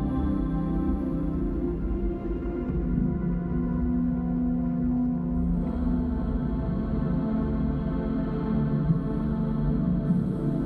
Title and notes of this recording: Whales' Serenade in Tranquil Water Ambient. Soothing ambient sounds of tranquil waters, accompanied by the majestic serenade of whales